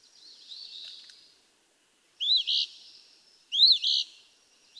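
Eastern phoebe: a soft buzzy phrase, then two louder raspy two-part fee-bee songs in quick succession, with light background hiss.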